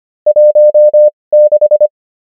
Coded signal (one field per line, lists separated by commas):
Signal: Morse code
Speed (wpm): 25 wpm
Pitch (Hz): 600 Hz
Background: none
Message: 16